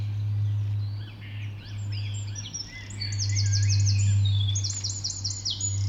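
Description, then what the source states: Birds in a dawn chorus: several singers overlap, one repeating a fast series of high notes, with a steady low hum throughout. Dawn chorus recorded just after dawn in the Forest of Dean.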